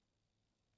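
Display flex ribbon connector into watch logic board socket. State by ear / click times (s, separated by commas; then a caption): not seated / none. The display flex ribbon connector of a 42mm Apple Watch Series 1 getting a cracked glass screen replaced is lined up on its logic board socket and gently pressed down with a plastic tool. Over a quiet low hum, a faint, brief high-pitched tick sounds around 0.6 s. Nothing has seated or clicked yet.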